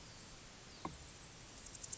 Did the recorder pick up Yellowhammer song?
no